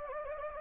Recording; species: mosquito wingbeat signal from an infrared sensor; Anopheles gambiae